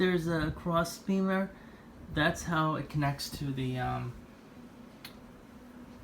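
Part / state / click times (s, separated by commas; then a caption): plastic toy lion part into cross-axle connector of combining robot / seated / 5.1 s. Someone talks while pushing a plastic LEGO toy brick lion limb onto the cross-shaped cross-axle connector that joins it to the larger Voltron combining robot. A sharp click sounds at 5.1 s as the part seats correctly.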